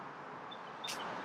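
A seat belt holder release on the front seat of a 2021–2023 LC convertible is undone before the seat is tilted forward for back-seat access. Over a steady low background, a short, bright click-like hit sounds at 0.9 s, and the release opens.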